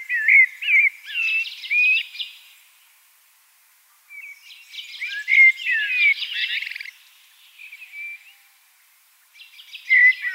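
Eurasian blackbird singing mellow, fluty phrases mixed with thin, scratchy twittering, with pauses of a couple of seconds between phrases.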